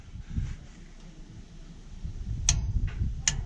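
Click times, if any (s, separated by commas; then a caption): 2.5 s, 3.3 s. A click-type torque wrench tightens the oil drain plug in the engine oil pan of a 2006 Nissan Xterra, with low rumbling strokes of effort underneath. The wrench gives sharp clicks at 2.5 and 3.3 seconds as it breaks over at its 25 ft-lb setting. The click signals that tightening should stop.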